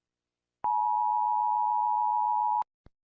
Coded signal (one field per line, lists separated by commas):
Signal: Emergency Alert System (SAME) tones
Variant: 853 and 960 Hz attention tone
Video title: EAS: itch Disease/SCP-5846